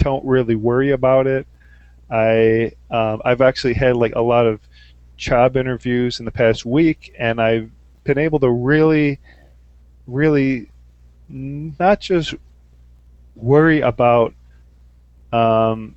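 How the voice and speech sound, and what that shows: Adult male speech with a prolonged 'I', word repetition and repeated one-second blocks mid-phrase, typical of stuttering. He has stuttered since about age 8; it worsened around 17-18 with social anxiety and has improved with support groups, therapy and medication (the antidepressant Lexapro and the antipsychotic Abilify).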